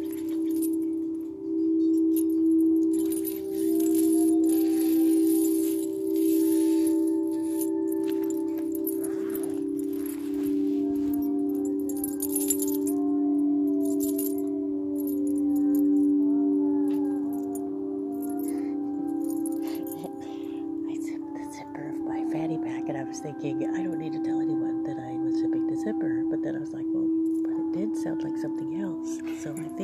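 Tibetan singing bowls hum in a steady, sustained drone throughout, with light jingling bracelet and chime sounds scattered over the top.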